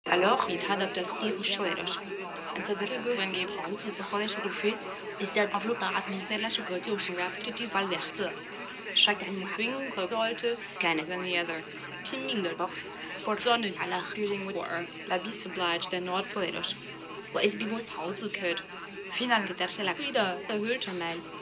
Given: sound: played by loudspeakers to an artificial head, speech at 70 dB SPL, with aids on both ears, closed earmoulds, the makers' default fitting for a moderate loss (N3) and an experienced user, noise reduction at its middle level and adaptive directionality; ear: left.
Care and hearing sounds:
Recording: speech test signal (ISTS) in cocktail-party noise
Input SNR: 0 dB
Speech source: in front (0 degrees)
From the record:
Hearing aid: class 2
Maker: E

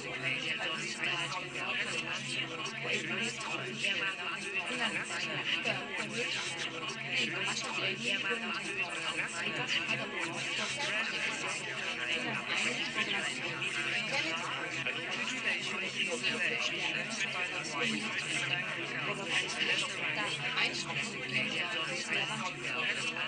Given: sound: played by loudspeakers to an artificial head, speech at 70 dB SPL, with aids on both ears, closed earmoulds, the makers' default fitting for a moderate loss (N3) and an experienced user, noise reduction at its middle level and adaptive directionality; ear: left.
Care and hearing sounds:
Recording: speech test signal (ISTS) in cocktail-party noise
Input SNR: -6 dB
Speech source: on the right (90 degrees)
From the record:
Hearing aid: class 2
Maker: G

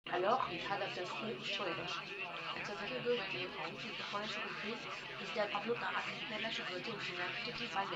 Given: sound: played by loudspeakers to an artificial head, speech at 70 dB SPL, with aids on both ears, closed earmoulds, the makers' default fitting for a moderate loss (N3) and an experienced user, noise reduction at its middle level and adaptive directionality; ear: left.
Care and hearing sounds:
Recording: speech test signal (ISTS) in cocktail-party noise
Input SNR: +3 dB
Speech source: on the right (90 degrees)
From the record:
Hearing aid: class 1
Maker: F

